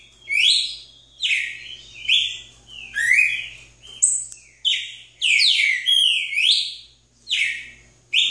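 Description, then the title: Red-cowled cardinal song: several varied loud whistled phrases of falling and rising slurs, separated by short gaps, over a faint low hum. "Galo de Campina"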